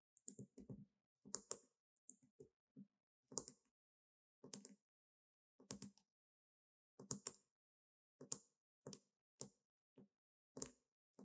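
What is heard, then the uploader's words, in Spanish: Objects with different textures are scratched and tapped in short, separate bursts, roughly one every second across the whole stretch. Each stroke is crisp, with a soft low thud under a bright scraping edge, and near silence between strokes. Los sonidos de objetos siendo rasguñados con diferentes texturas. Escucharás los sonidos suaves de madera, vidrio, plástico y más.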